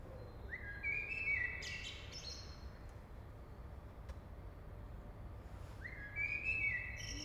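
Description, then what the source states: Common blackbird giving two fluty song phrases with thin, high twittering tails, separated by a pause, against continuous low-pitched background noise. Recorded in a city at 8 am.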